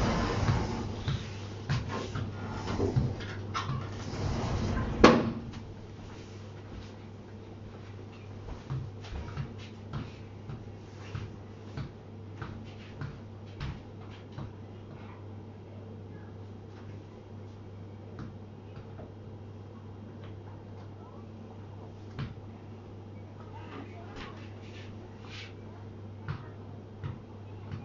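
Everyday household sounds: a busy first five seconds of clattering and knocks, ending in a sharp bang, then a quieter stretch of scattered small taps and clicks. A steady low hum runs underneath throughout, with occasional faint voice-like murmurs.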